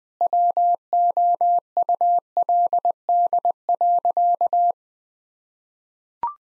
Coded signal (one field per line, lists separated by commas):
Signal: Morse code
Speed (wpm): 21 wpm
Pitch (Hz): 700 Hz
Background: none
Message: WOULD.